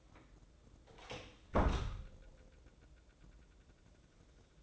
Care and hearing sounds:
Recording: daily activity, microphone in the room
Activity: close door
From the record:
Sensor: 3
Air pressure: 1012.3 hPa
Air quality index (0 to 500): 181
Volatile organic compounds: 3 ppm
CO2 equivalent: 1382 ppm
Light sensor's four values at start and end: 621/1545/640/663 and 620/1543/640/662

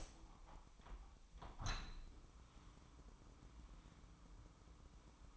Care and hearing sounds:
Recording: daily activity, microphone in the room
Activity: open window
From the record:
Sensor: 1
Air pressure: 998.0 hPa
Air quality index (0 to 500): 122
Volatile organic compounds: 3 ppm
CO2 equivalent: 1456 ppm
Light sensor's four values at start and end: 17/57/23/23 and 17/57/23/23

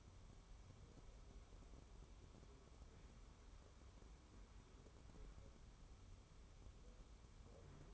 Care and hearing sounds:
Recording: daily activity, microphone in the room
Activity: wipe stove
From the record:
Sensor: 1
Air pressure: 1015.1 hPa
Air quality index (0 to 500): 61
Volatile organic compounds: 1 ppm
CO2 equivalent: 778 ppm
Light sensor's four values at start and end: 14/32/13/15 and 14/32/13/15

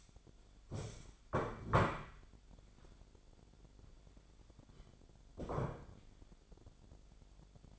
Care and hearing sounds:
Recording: daily activity, microphone in the room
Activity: stand up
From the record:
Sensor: 5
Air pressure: 1008.0 hPa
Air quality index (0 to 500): 154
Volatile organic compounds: 3 ppm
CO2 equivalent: 1481 ppm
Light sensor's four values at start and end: 57/161/62/62 and 57/161/62/62

